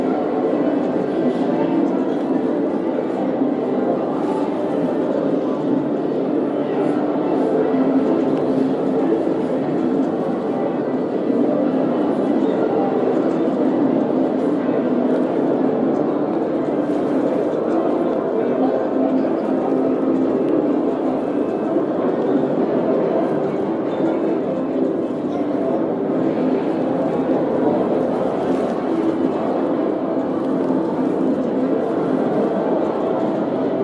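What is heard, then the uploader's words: A busy casino floor fills the space with a steady, dense wash of overlapping voices and murmur. The din stays constant throughout, centered low to mid, with faint bright clinks and chimes popping up now and then above the crowd. The symphony of sounds that permeate the casino landscape.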